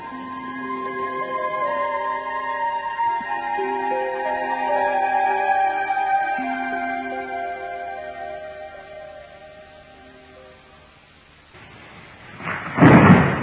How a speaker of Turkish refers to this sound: Yağmur da öyle yağıyor ki her tarafı sel gösteriyor.